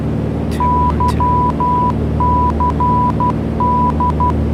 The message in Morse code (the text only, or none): YCD